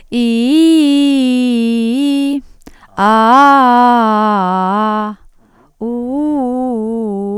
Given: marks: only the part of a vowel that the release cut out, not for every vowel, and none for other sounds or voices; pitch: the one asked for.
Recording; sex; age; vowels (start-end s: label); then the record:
sustained vowels; female; 30 to 39 years
0.22-1.12 s: vowel /i/, low-high-low pitch
3.76-4.89 s: vowel /a/, low-high-low pitch
5.90-6.69 s: vowel /u/, low-high-low pitch
From the record:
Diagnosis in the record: stuttering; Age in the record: 36 years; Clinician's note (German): Balbuties